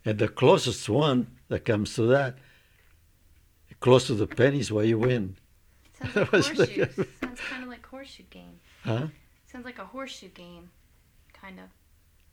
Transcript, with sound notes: and the closest one that comes to that, close to the pennies one, you win. (laughs)
Sounds like horseshoes. Sounds kind of like horseshoe game. Sounds like a horseshoe game, kind of.